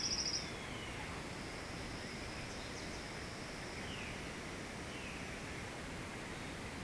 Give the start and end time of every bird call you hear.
3.65s-5.53s: Violaceous Jay

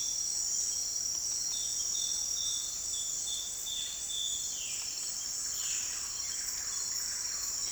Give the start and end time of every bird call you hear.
4.50s-5.94s: Violaceous Jay
6.11s-7.71s: Buff-breasted Wren

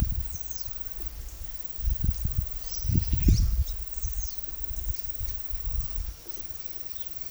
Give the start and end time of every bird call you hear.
0.00s-5.44s: White-lored Euphonia
2.80s-3.46s: Squirrel Cuckoo

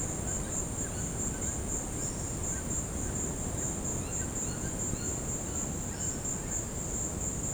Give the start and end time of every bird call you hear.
0.00s-6.12s: White-throated Toucan

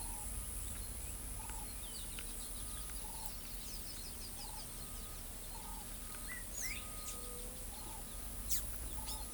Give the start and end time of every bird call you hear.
1.82s-5.24s: Carib Grackle
6.26s-6.82s: Crested Bobwhite
8.49s-9.24s: Blue-gray Tanager

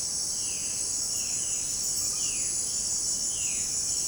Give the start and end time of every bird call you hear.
0.00s-3.72s: Violaceous Jay

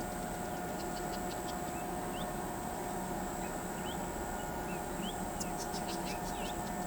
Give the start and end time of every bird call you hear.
1.74s-2.25s: Crested Bobwhite
3.40s-6.50s: Crested Bobwhite

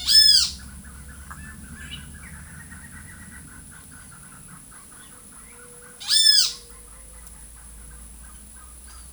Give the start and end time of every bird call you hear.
0.00s-0.56s: Great Kiskadee
2.08s-9.12s: Russet-throated Puffbird
6.04s-6.55s: Great Kiskadee

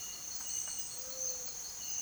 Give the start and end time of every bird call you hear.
0.83s-1.76s: Gray-fronted Dove

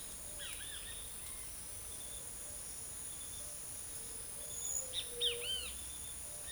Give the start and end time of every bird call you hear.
0.00s-0.84s: Great Kiskadee
4.71s-5.50s: White-tipped Dove
4.85s-5.73s: Great Kiskadee

